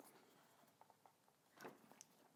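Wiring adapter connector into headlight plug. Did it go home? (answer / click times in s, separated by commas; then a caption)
yes / 2.0 s. A plastic wiring adapter connector is plugged into the back of an LED halo headlight on a Jeep JK. Soft handling taps and a brief rustle lead to a sharp latch click at 2.0 seconds as the connector seats fully.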